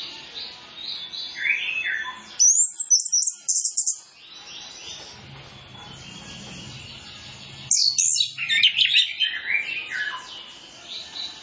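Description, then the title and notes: Orange-headed Thrush singing strong, varied whistles in two outbursts, with softer chirping filling the gaps. Master tutor recording of full 'isian' fill-in song, used as a lure so Orange-headed Thrushes quickly start singing fully (ngeplong). "Masteran Anis Kembang Full Isian Untuk Suara Pancingan Anis Kembang Agar Cepat Ngeplong. Suara Burung Anis Kembang"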